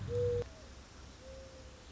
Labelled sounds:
Mourning Dove
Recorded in Sonoma County, California

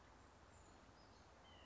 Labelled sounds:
White-breasted Nuthatch
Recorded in Sonoma County, California

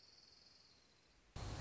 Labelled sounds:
Orange-crowned Warbler
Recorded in Sonoma County, California

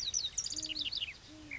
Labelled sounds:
Great Horned Owl
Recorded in Sonoma County, California

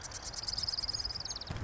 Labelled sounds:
Marsh Wren
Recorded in Sonoma County, California

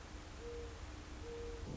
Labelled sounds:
Mourning Dove
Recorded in Sonoma County, California

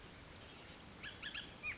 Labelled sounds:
Bullock's Oriole
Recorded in Sonoma County, California

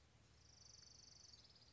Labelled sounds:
Orange-crowned Warbler
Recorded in Sonoma County, California

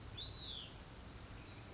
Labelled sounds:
Hutton's Vireo
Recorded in Sonoma County, California

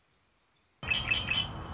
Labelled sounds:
Red-winged Blackbird
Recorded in Sonoma County, California

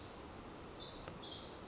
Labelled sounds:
Pacific Wren
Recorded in Sonoma County, California

